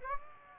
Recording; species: mosquito wingbeat signal from an infrared sensor; Aedes aegypti